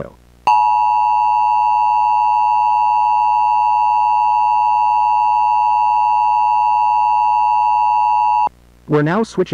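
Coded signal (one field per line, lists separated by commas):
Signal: Emergency Alert System (SAME) tones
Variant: 853 and 960 Hz attention tone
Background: speech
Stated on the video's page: Mock emergency broadcast activation for a thunderstorm in a fictional country, not a real alert.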